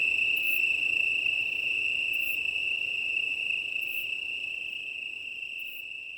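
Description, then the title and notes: Italian tree cricket chorus as a smooth, sustained trill, slowly fading, with a few brief high ticks. Chorus of many Italian tree crickets on a plateau in Drôme, France, 18 September 2019 at 20:35, early night, windy, recorded on a six-track recorder with an MKH8020 microphone. "18 septembre 2019-20h35-Plateau de Lesches en Diois - Drôme - un chorus de Grillons italiens (Oecanthus pellucens)"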